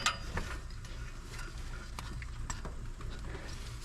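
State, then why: Not seated. A replacement spark plug wire boot is pushed onto a spark plug on a 5.3 engine, giving a few faint taps and scrapes over a steady low background hum. No positive click is heard, and the boot has not seated or clicked yet.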